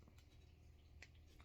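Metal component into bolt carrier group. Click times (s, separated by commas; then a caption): 1.0 s. A metal part of an AR-15 bolt carrier group is pushed in and twisted against a low background hum, with faint scraping. It seats with a sharp click at 1.0 s, followed by a softer tick near 1.4 s.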